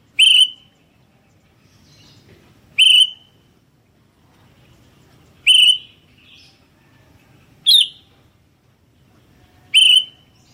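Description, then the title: Sooty-headed bulbul calls: a single sharp, bright whistled note repeated about every two and a half seconds over quiet background. "kutilang"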